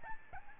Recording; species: mosquito wingbeat signal from an infrared sensor; Aedes albopictus